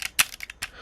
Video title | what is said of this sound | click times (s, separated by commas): Samurai Megazord Review - Power Rangers Samurai | just like that that should click into place | 0.2 s